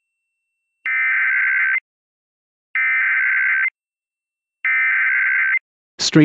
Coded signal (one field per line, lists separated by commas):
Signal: Emergency Alert System (SAME) tones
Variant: header bursts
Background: speech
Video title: Everything GREAT about Radioactive Queen II